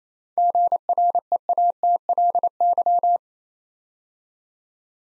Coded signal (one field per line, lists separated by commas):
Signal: Morse code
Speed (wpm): 28 wpm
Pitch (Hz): 700 Hz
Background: none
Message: GREATLY